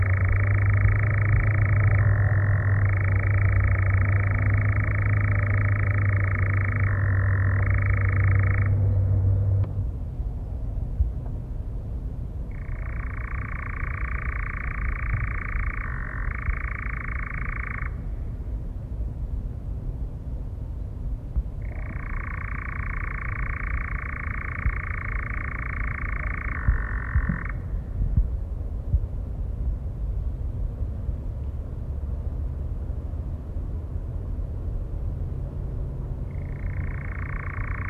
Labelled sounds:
Eurasian Nightjar (Caprimulgus europaeus)
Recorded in the wild
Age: adult
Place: Federaun, AT
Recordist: Brunner, Thomas
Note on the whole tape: Aufnahme: Mitte Juni, Nähe Federaun bei Villach, Kärnten

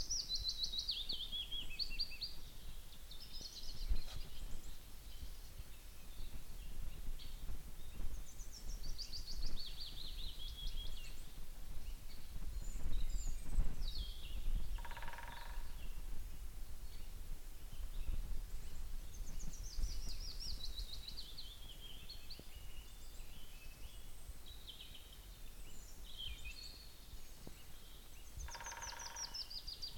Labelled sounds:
Willow Warbler (Phylloscopus trochilus)
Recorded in the wild
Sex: male
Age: adult
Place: Müggelsee, Berlin, DE
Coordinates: 52.43, 13.64
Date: 1990-04-29
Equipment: Uher 4400 Report Monitor, Sennheiser ME 80, K 30 AV
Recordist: Fischer, Stefan

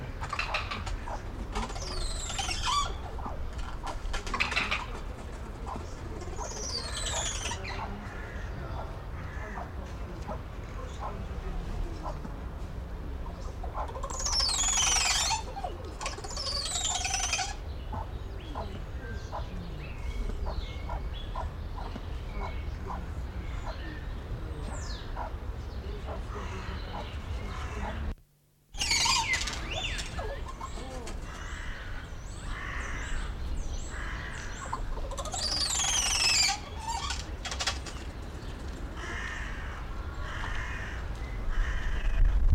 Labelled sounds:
Crested Oropendola (Psarocolius decumanus) call
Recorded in captivity
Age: adult
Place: Zoo Berlin, Berlin, DE
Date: 1993-02-20
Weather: 4 °C, heiter bis wolkig, böiger Wind
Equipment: Marantz CP 430, Sennheiser ME 80, Kopie Uher Variocord 263
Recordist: Tembrock, Günter

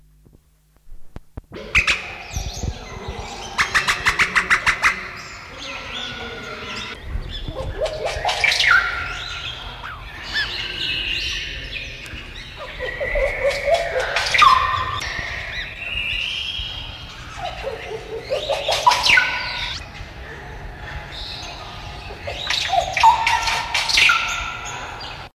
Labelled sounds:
Chestnut-headed Oropendola (Psarocolius wagleri) call
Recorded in captivity
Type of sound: call
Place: Zoo Köln, Nordrhein-Westfalen, DE
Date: 1970-12-05
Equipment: Halbspur, 9,5 cm/s
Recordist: Lütgens, Hans
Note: Rufe

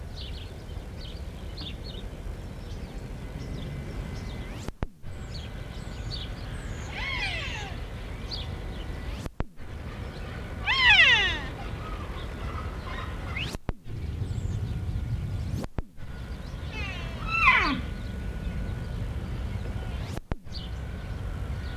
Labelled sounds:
Wapiti (Cervus canadensis) call
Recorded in captivity
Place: Tierpark Berlin, Berlin, DE
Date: 1975-11-01 11:23
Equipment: Uher CR 210, Sennheiser MD 421, Kopie Uher 4200
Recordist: Tembrock, Günter

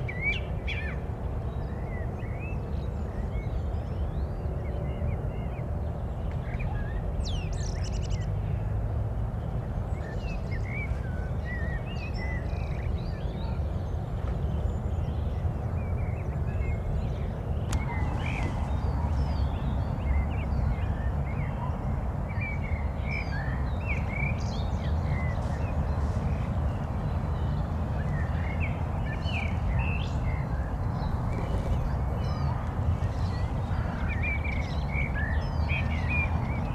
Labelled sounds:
Common Blackbird (Turdus merula) song
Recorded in the wild
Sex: male
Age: adult
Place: Garmisch-Partenkirchen, Bayern, DE
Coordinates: 47.4933, 11.0636
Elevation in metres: 785
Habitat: mountains
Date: 1980-03-28
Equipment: Uher 4000 Report, Sennheiser MKH 815 T
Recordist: Tretzel, Erwin

